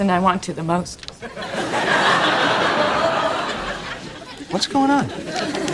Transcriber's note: laughter